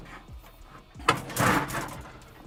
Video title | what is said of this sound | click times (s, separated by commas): Full Tour D15 ROA OFF ROAD DWELLER 15 OBI IN DEPTH TOUR Like Opus 15 & Black Series C15 or Bruder | locks in place so it doesn't actually move back in | 1.1 s